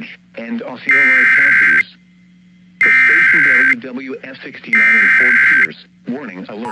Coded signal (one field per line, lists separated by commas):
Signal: Emergency Alert System (SAME) tones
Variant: header bursts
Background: speech